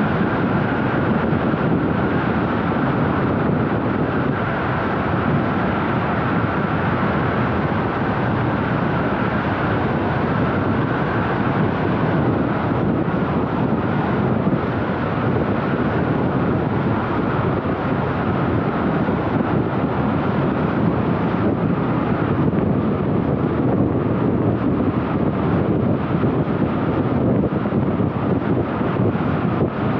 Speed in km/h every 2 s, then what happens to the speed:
103, 102, 101, 101, 100, 99, 98, 97, 97, 97, 98, 98, 98, 98, 98.
0-30 steady at about 98.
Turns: none.